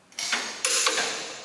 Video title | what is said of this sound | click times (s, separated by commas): TUTORIAL: How to torque lug nuts properly on your trailer - 15K Axles | we want to find our first lug and tighten it until it clicks that click lets us know that we've achieved the torque pressure that we need | 0.6 s